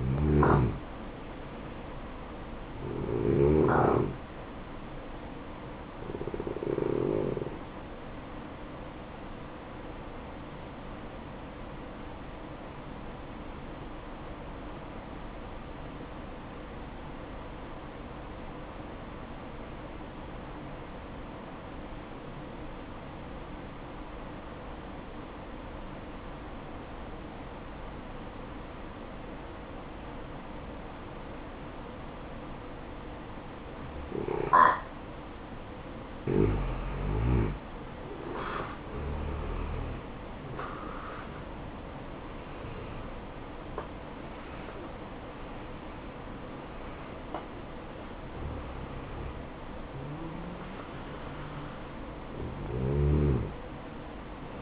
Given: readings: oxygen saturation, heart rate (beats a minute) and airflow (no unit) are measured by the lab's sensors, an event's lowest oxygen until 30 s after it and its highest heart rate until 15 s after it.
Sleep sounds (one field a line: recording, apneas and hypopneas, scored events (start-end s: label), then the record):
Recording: breathing in sleep by a voice recorder at the bedside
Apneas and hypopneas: 1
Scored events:
8.00-40.30 s: hypopnea (N1, oxygen 96% highest, then 86% lowest, heart rate 59 at the start, 70 highest)
From the record:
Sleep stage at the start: N1 (lightest sleep)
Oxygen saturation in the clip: 87 to 96%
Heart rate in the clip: 54 to 70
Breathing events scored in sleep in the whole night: 573 in 9.8 hours asleep